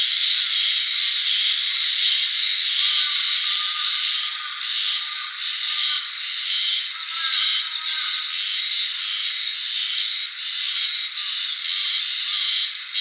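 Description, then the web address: Japanese spring cicada giving a dense, high, buzzy drone. 16 April 2017. "birdenaga haruzemi"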